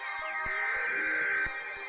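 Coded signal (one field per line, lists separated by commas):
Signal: Emergency Alert System (SAME) tones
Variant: header bursts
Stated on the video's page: Real EAS tests received in January 2020.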